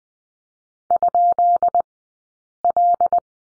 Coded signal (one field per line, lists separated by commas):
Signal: Morse code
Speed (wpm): 20 wpm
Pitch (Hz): 690 Hz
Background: none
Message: ?L